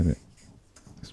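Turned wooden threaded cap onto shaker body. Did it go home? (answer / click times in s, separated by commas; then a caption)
no / none. A freshly chased wooden threaded top is screwed onto a turned wooden shaker body while someone talks. Faint rubbing and small ticks follow, with brief ticks around 0.8 s and 1.0 s. The thread does not engage and the lid cross-threads, so nothing has seated or clicked yet.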